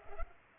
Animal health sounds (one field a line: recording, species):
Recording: mosquito wingbeat signal from an infrared sensor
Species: Culex pipiens